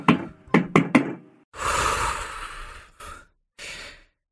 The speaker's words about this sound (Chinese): 外头就响起了急促的敲门声。